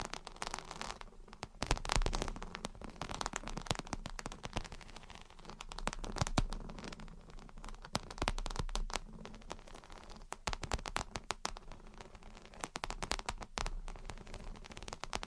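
Gentle tapping and scratching fill the recording with dense, irregular clicks and crackles that rarely pause. Sharper taps stand out now and then, notably around two, six and eleven seconds, over a soft, steady low hum.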